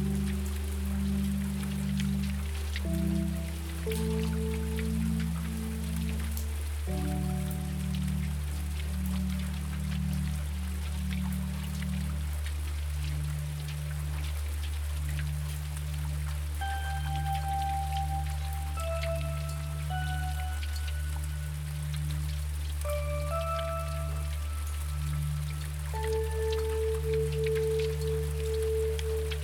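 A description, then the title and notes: Steady rain patters throughout beneath a low constant drone, while soft sustained bell-like notes shift slowly, with brighter tones entering after fifteen seconds. Rain Falling and a Few Gentle Notes.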